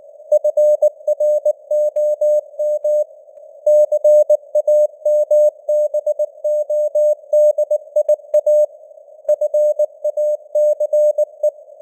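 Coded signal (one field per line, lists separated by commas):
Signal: Morse code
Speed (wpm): 19 wpm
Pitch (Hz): 600 Hz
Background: none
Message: FROM CAMBODIA FACE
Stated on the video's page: Simulated news headlines at 19 wpm with artificial radio noise and varying signal strength (QSB fading).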